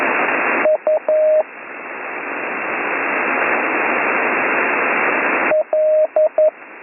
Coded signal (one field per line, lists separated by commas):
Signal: Morse code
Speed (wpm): 11 wpm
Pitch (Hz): 620 Hz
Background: radio noise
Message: U L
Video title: Slow Morse Code Course - Week 6 - Learn Morse Code